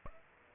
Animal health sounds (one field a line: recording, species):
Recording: mosquito wingbeat signal from an infrared sensor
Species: Aedes aegypti